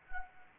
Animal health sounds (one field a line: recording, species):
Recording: mosquito wingbeat signal from an infrared sensor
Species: Anopheles gambiae